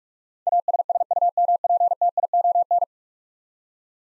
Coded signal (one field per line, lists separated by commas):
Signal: Morse code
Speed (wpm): 46 wpm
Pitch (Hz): 700 Hz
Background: none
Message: ASSUMPTION